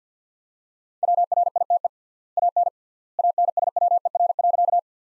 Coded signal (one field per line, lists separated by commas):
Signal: Morse code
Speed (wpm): 50 wpm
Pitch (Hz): 700 Hz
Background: none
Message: WRITE AN ANSWER.